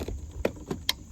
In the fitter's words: right in there push to here click